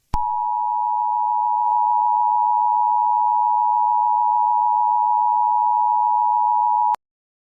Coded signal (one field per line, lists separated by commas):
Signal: Emergency Alert System (SAME) tones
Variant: 853 and 960 Hz attention tone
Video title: EAS Scenario: Ghost Formula 1 the bad guys First 6 Opening scene